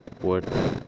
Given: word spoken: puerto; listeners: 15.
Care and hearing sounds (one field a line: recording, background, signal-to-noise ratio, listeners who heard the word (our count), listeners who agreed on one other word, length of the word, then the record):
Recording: one Spanish word in noise, from a listening test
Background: noise modulated by one talker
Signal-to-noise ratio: 0.4 dB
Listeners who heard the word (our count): 0 of 15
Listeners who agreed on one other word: 12 of 15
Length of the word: 0.48 s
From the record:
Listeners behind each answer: 12, 2, 1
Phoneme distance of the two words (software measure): 10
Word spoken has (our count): 2 syllables, 6 phonemes, stress on syllable 1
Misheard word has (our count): 2 syllables, 6 phonemes, stress on syllable 1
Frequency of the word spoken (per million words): 109.78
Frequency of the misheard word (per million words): 206.49